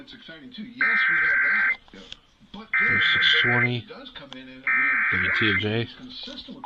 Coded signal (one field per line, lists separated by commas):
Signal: Emergency Alert System (SAME) tones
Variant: header bursts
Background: speech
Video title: MISSOULA FINALLY DOES IT... EAS Tests from October 2024 (EAS #5,058 - 5,141)